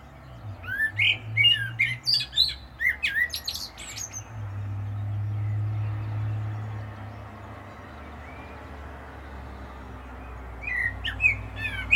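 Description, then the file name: Common blackbird song: a run of fluted whistles and scratchy high twitters, then a long pause over a low hum, and a second brief phrase. "Turdus merula"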